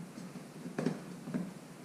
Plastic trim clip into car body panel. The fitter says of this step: it up, pop back in place.